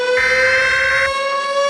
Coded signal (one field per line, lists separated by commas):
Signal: Emergency Alert System (SAME) tones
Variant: header bursts